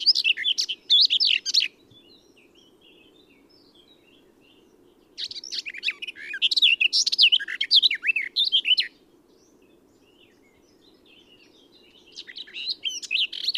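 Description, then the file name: Eurasian blackcap: three bouts of rapid, jumbled warbling, the middle one longest, separated by quiet pauses over a steady low hum. "Sylvia atricapilla"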